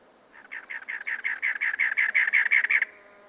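Cactus wren with a steady series of harsh chugging notes, swelling in loudness then cutting off.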